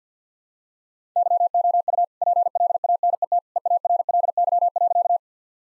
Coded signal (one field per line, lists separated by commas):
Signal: Morse code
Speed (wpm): 50 wpm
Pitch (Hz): 700 Hz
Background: none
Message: YOU PLANET EARLY.